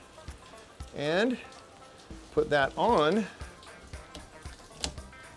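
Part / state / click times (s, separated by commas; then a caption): windshield wiper blade adapter onto the J-hook wiper arm / seated / 4.8 s. A new windshield wiper blade is hooked onto the J-hook of a Jeep's wiper arm and pushed until its plastic adapter snaps into place, before the little door on the adapter is closed. Someone talks over light background sound, then a sharp click at 4.8 s marks the adapter seating onto the arm.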